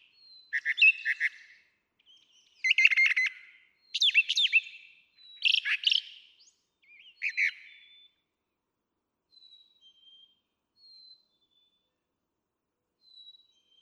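Brown Thrasher singing several varied doubled phrases for about eight seconds, followed by faint thin high notes and near quiet.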